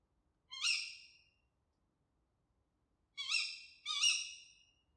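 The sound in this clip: Tawny owl uttering a single shrill, scratchy call, then a quick pair of the same harsh notes a few seconds later, over near silence.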